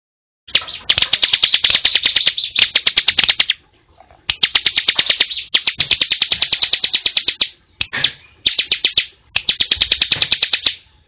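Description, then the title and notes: Bar-winged prinia song: dense, rapid volleys of dry, high-pitched chips, each run lasting a few seconds and separated by brief silences. Described as gacor, singing vigorously. "Kicau Ciblek. putri sherin. kumpulan suara burung ciblek gacor dan anakan"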